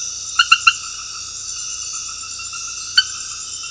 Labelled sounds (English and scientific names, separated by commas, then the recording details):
none
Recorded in secondary vegetation near Puerto Asís, Putumayo, Colombia, on 19 February 2024 at 23:00
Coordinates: 0.481, -76.323
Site G6376